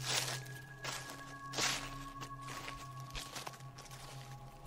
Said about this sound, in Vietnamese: Không có tiếng đáp lại. Tiếng bước chân dừng lại một lúc, rồi sau đó lại tiếp tục vang lên.